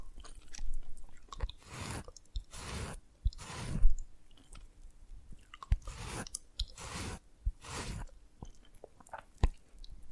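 Dalgona candy being tapped and cracked, in short bursts of crunching that come roughly every second, with quiet gaps between them. Sharp single taps land now and then, near the middle and end. A faint steady low hum runs underneath.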